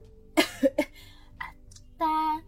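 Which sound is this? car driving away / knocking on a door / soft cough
soft cough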